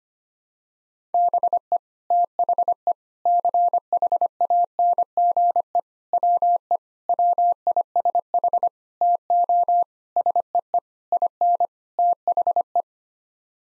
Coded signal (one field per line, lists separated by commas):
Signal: Morse code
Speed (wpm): 25 wpm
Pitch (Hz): 700 Hz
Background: none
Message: BE THE CHANGE WE WISH TO SEE IN THE